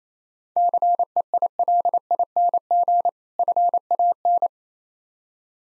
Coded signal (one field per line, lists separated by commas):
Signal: Morse code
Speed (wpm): 29 wpm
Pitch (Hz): 700 Hz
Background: none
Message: CEILING FAN